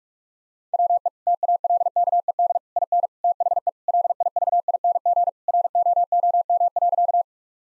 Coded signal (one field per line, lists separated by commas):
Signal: Morse code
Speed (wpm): 46 wpm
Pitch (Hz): 700 Hz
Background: none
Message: WE TALKED IN THE LIVING ROOM.